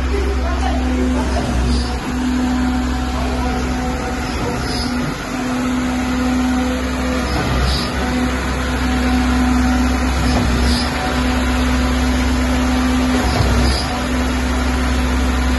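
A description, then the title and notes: A diesel concrete pump runs steadily, its low engine drone and a constant hum holding throughout. Regular thumping strokes come roughly every three seconds, each with a faint bright clack on top, while a dense rumbling texture fills the background. Feedback Video Of ABT40C Diesel Concrete Pump In Russia. AIMIX ABT40C diesel concrete pump was pumping the concrete mixture exported by a concrete transit mixer.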